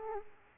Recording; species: mosquito wingbeat signal from an infrared sensor; Aedes aegypti